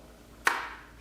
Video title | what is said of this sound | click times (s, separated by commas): BlingBox™ Kit Assembly | You hear it click. | 0.5 s